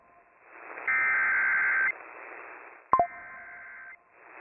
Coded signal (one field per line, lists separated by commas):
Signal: Emergency Alert System (SAME) tones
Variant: header bursts